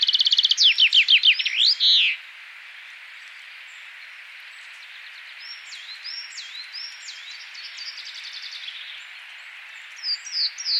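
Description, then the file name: Common chaffinch song ending, a quick run of falling notes closing with a flourish, then quiet with scattered faint high chirps and a brief burst of notes near the end. "Fringilla coelebs"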